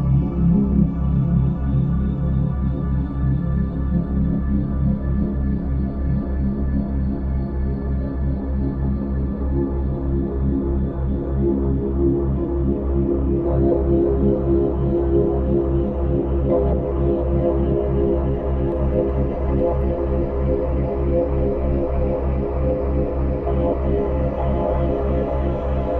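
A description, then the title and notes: A full-spectrum binaural drone built on a low C# near 65.4 Hz holds steady and even throughout, with a dense stack of sustained tones reaching well up into the treble. From about thirteen seconds, the mid and upper layers grow slightly brighter. It's a full-spectrum binaural, meaning everything in the right channel (not just the binaural tone) is shifted up to create the 3.2 Hz binaural beat. C#65.4Hz Full-Spectrum δ 3.2Hz.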